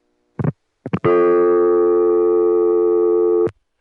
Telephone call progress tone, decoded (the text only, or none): dial tone